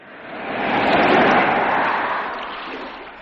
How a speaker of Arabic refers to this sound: الريح شديدة قوي.